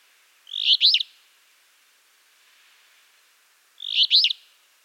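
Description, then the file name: Alder flycatcher: two loud, rough, buzzy double-noted phrases a few seconds apart, with quiet background between. "Empidonax alnorum - Alder Flycatcher"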